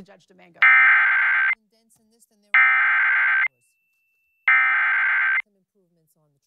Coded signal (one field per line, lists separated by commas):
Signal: Emergency Alert System (SAME) tones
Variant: header bursts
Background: speech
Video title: EAS #818-819: 2 EAS Severe Thunderstorm Warnings- June 8, 2023